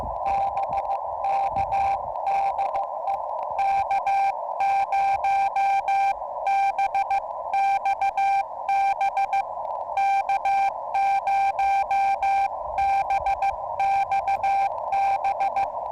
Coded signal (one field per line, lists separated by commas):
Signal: Morse code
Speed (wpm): 15 wpm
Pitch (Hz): 810 Hz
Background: radio noise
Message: BK DE K0BXB K0BXB